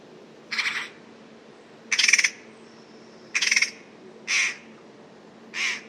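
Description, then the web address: Bird giving five rough, pulsed calls at irregular intervals, some with rapid stuttering pulses, over steady background noise. Call type given as a "pi pi pi pi" call. "cianscape birddata Deverinetal"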